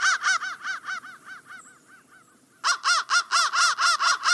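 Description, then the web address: Crow calls in a quick series of arched notes that fade to quiet, followed by a short lull and then a louder, steady burst of repeated caws. "soundfactory crow 1"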